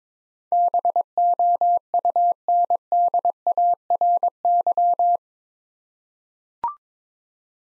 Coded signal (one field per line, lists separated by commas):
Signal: Morse code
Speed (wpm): 22 wpm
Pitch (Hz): 700 Hz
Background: none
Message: BOUNDARY